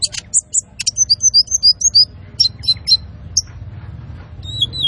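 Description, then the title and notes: Van Hasselt's sunbird song: quick high chirps, then a series of short descending whistles, ending in a drawn-out falling whistle. Masteran recording of a gacor, full-singing bird with fill notes and shots, meant for training cage birds and as a lure. "MASTERAN KOLIBRI NINJA TERBAIK FULL ISIAN DAN TEMBAKAN MEWAH COCOK BUAT PANCINGAN. Suara Burung Kolibri Ninja Gacor"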